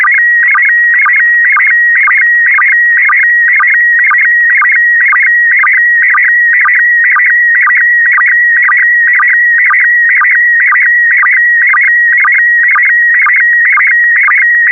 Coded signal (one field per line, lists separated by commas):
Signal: SSTV (slow-scan television)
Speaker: rs0iss on the left and a1ss on the right women in space picture of linda in her astronaut suit